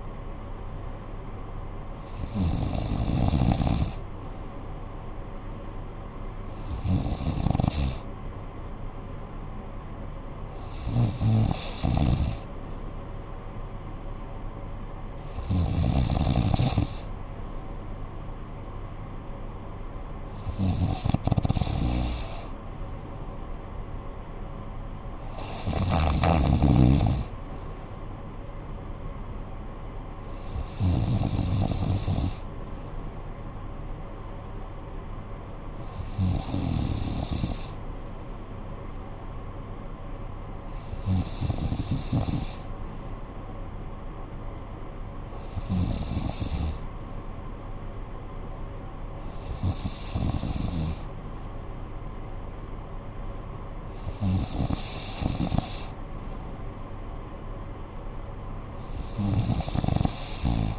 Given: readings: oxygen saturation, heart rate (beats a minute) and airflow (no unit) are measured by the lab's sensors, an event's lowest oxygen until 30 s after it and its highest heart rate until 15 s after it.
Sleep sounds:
breathing in sleep by a smartphone at the bedside; none
none scored
From the record:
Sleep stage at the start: N3 (deep sleep); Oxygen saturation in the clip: 94%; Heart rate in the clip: 52 to 64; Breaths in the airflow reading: 12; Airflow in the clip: -10.1 to 5.9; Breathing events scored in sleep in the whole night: 445 in 7.6 hours asleep

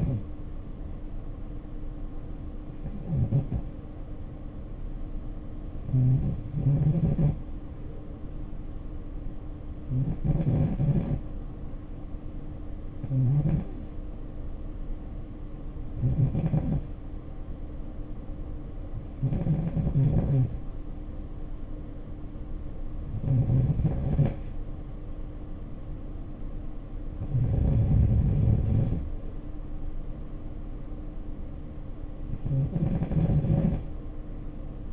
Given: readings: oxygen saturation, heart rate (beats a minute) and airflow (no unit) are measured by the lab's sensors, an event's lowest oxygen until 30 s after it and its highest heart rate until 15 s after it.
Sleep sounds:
breathing in sleep by a smartphone at the bedside; none
none scored
From the record:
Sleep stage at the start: N2 (light sleep); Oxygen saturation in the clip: 90 to 94%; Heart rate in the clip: 56 to 59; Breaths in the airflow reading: 9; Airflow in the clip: -8.7 to 4.4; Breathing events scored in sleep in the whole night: 520 in 7.2 hours asleep

